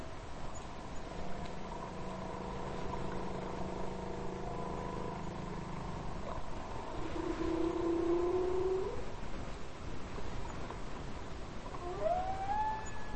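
Whale song of long, steady tonal moans layered with harmonics for about nine seconds, then a short rising whoop near the end.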